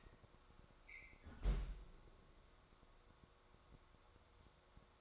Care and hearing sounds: daily activity, microphone in the room; close fridge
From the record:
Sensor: 3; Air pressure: 1004.6 hPa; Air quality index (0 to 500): 192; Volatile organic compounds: 13 ppm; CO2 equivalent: 2408 ppm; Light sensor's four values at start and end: 5/13/5/5 and 5/12/5/4

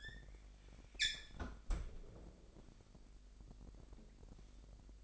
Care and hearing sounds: daily activity, microphone in the room; close fridge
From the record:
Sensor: 5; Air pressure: 1002.0 hPa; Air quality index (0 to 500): 209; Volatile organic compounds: 21 ppm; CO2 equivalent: 2718 ppm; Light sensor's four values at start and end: 11/25/10/12 and 10/23/9/11

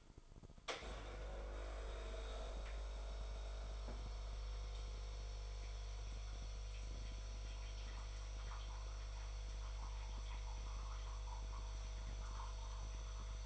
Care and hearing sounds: daily activity, microphone in the room; make coffee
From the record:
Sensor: 5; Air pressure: 995.3 hPa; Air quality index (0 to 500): 96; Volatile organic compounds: 5 ppm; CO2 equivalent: 1819 ppm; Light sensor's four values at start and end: 25/62/25/24 and 25/62/25/25

